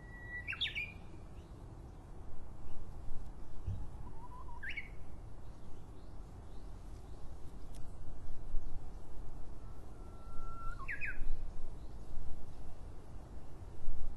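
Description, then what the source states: Japanese bush warbler song: whistles, each ending in a quick rising, warbled flourish, heard three times over low rumbling background noise. Recorded in 2012.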